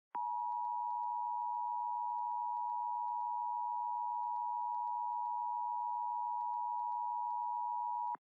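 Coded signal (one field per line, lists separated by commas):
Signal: Emergency Alert System (SAME) tones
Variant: 853 and 960 Hz attention tone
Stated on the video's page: Unfinished simulated EAS scenario.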